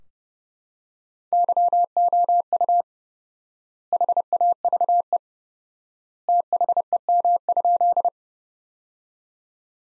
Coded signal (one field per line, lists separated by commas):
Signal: Morse code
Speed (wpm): 30 wpm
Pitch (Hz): 700 Hz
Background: none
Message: YOU HAVE THEM?